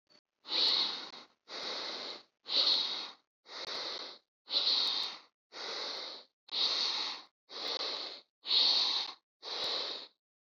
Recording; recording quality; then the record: deep breathing; excellent, no background noise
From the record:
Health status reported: healthy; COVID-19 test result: negative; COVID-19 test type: RT-PCR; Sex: male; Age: 37 years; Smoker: no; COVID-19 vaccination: both doses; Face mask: not worn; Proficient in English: yes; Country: India